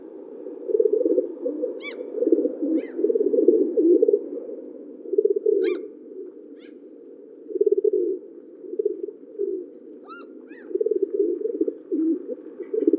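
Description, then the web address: Pigeon coos in rhythmic low bursts, pausing and resuming, with occasional sharp chirps from other birds. "sound Columbidae"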